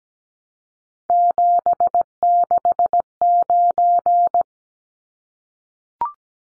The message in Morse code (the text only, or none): 769